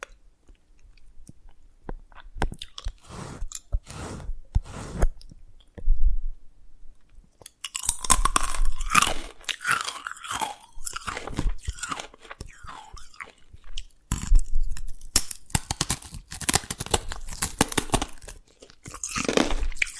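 Dalgona candy being tapped and cracked, with sharp irregular clicks and crunches scattered through the clip. Quieter taps fill the first seven seconds, then denser crackling bursts take over, with a short pause near fourteen seconds before the crunching resumes.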